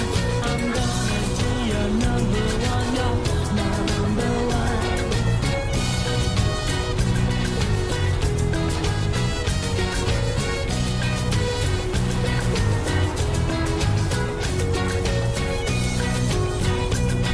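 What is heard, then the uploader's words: A vehicle with its radio on, playing steady, dense music with regular beats and sustained tones over a constant low rumble throughout. An 80s Summer Drive.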